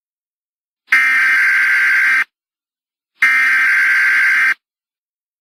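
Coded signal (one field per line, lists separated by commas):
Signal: Emergency Alert System (SAME) tones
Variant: header bursts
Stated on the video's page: Simulated EAS scenario, fictional.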